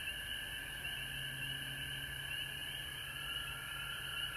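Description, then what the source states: Frog chorus of steady high and mid-pitched trills, continuous throughout, with a low droning tone underneath. Frogs recorded at home in Georgia on March 19, 2020.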